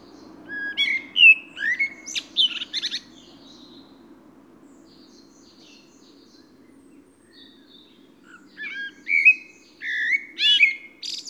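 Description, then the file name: Eurasian blackbird singing two warbled phrases of rising and falling fluted whistles with high twittering, separated by a quiet gap with a low steady hum. "Turdus merula"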